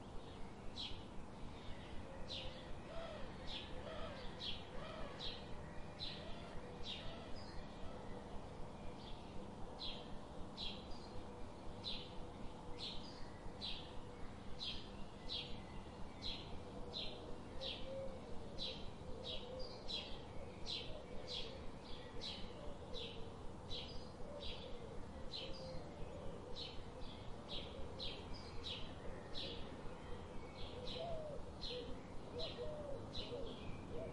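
Birds call in a fast, regular series of short bright chirps, repeating roughly twice a second through the whole stretch. Underneath runs a steady low rumble, with a few faint higher whistles and soft cooing notes appearing now and then.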